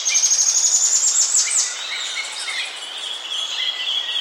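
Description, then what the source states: Russet antshrike calls: a fast run of high, thin notes, slightly rising, then fading into scattered chirps and whistles from other birds. South America.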